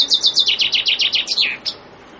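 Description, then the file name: Common chaffinch song: one loud, crisp phrase of rapid repeated notes stepping downward, ending with an emphatic downslurred flourish and a short extra note. "fringuello"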